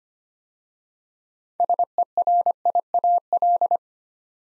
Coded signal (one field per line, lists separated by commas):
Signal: Morse code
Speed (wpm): 25 wpm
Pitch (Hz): 700 Hz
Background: none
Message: SERIAL